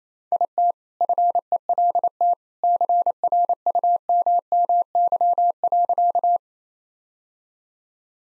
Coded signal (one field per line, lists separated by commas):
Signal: Morse code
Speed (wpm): 28 wpm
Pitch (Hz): 700 Hz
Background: none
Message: IT FELT CRUMMY.